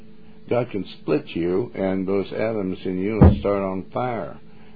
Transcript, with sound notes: God can split you and those atoms in you (hand slaps leg) will start on fire.